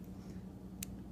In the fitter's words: got a little screw so that slides back up snaps into place and then you're